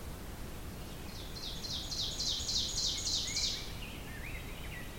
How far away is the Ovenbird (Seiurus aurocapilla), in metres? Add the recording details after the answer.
about 20 m. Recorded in boreal forest in Alberta, Canada, on 5 June 2016 at 05:03. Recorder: SongMeter 3, array SBT-3-51. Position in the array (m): 266 m, 100 m. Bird 28